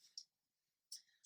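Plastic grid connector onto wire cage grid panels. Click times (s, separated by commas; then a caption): 0.2 s, 0.9 s. A plastic grid connector is pushed onto the wire grid panels of a guinea pig C&C cage, giving two sharp, bright clicks at 0.2 s and 0.9 s with quiet between them. The connector seats firmly on the grid.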